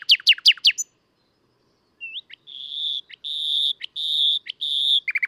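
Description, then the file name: Common nightingale song: a fast series of falling notes, a pause, then long, steady high whistles repeated with short gaps and closing chirps. "Luscinia megarhynchos"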